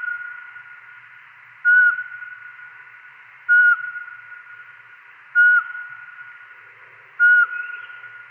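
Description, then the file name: Eurasian pygmy owl repeating a short, pure whistle four times, evenly spaced nearly two seconds apart. "Spurveugle"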